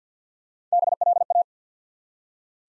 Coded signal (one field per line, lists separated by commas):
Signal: Morse code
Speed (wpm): 49 wpm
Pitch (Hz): 700 Hz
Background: none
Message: BLA